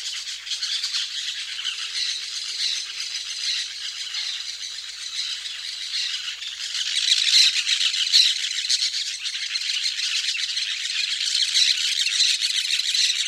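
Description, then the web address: Orange-chinned parakeet calls, a dense continuous chatter of shrill squawks, growing louder after about seven seconds. South America. "Natures Songs S America Orange-Chinned Parakeet"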